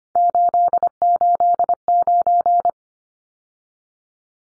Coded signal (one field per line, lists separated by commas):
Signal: Morse code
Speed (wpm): 25 wpm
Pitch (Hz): 700 Hz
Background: none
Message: 889